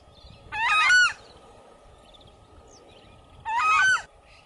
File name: canto da anhuma poca